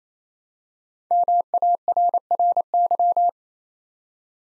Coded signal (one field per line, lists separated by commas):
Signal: Morse code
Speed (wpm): 29 wpm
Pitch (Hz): 700 Hz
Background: none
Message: MARRY